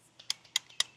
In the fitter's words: and it locks in place.